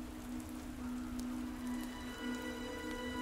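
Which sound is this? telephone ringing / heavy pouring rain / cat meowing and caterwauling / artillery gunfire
heavy pouring rain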